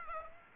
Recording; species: mosquito wingbeat signal from an infrared sensor; Aedes aegypti